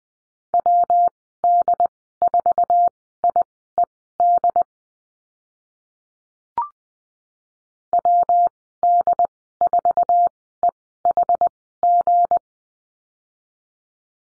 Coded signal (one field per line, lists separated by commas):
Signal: Morse code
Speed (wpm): 20 wpm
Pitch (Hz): 700 Hz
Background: none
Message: WD4IED WD4EHG